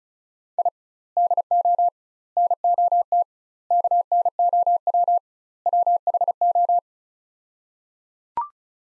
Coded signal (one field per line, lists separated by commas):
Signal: Morse code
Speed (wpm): 36 wpm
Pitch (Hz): 700 Hz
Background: none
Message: I DO NOT KNOW WHO